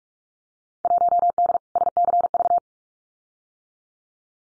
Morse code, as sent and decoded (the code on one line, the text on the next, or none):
.---- -.. / ... -.-. ...-
1D SCV